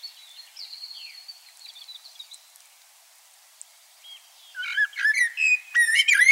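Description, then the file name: Common blackbird: thin high whistled notes at first, then a loud warbled phrase with squeaky high flourishes filling the last two seconds. "Turdus merula"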